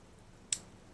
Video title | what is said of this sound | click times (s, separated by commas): F850GS chain and sprockets - reassembly | this dude back in its place click into place | 0.5 s